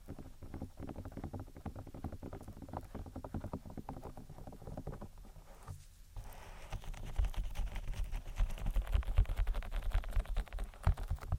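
Close-miked ear triggers: soft rubbing and tapping fill the first half with a dense, low, muffled texture. Near the six-second mark a brief hush falls, then the sound turns brighter and busier, with rapid crackly rubbing, like latex or lotion, and occasional heavier low thumps.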